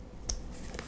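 The second wristband piece of a refurbished Samsung Gear S2 smartwatch is pushed into the watch body lug. Two sharp clicks are heard at 0.3 s and 0.8 s, and the band is seated.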